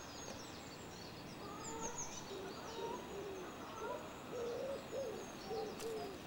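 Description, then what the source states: Bird song of soft whistled notes, some rising and falling, with faint high chirps over steady background noise. Recorded at Saltwells Nature Reserve.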